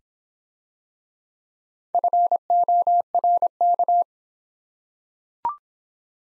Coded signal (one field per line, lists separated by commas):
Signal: Morse code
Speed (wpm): 26 wpm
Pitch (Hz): 700 Hz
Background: none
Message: FORK